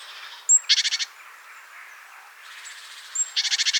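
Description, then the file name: Great tit with two buzzy, pulsed rattles, each opened by a sharp high whistle-like note, separated by a quieter pause. "Parus major"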